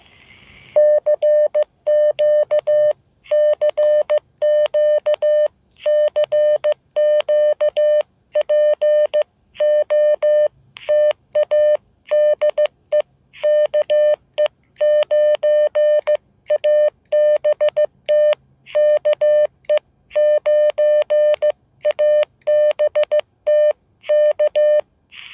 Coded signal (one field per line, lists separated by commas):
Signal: Morse code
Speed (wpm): 15 wpm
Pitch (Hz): 600 Hz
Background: none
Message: CQ CQ CQ POTA DE KE9ABT KE9ABT K